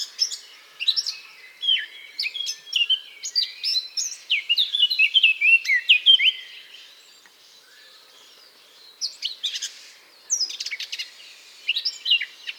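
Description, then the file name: Eurasian blackcap warbling: a fast, scratchy run of varied chirps and twitters, then a pause before further sharp, irregular notes. "Sylvia atricapilla"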